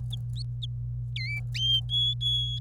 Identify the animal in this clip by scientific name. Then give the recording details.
Serinus canaria. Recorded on 25 April 2018 at 17:44. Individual llb3